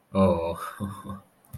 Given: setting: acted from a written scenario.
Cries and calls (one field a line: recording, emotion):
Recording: vocal sound without words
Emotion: adoration